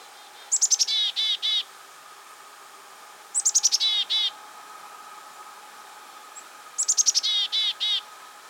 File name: Poecile atricapillus - Black-capped Chickadee